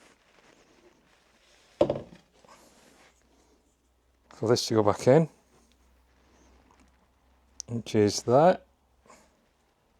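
During a brake pad change on a BMW F650GS motorcycle, a metal brake part, a pad retaining clip or spring, is handled for refitting into the brake caliper, with a sharp knock near 1.8 s and a few faint taps. Someone talks in between. Nothing has seated or clicked into place yet.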